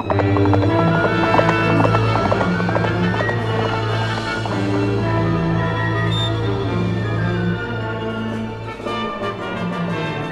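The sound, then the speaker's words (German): A horse ridden by an Apache gallops toward a river ford with a rapid, rhythmic drumming of hooves that continues throughout, layered over loud, sustained droning music and no talking. “Wenig später sahen die beiden den Fluss vor sich, und mit sicherem Instinkt lenkte der Apache sein Pferd genau an die Stelle, wo sich die Furt befand.”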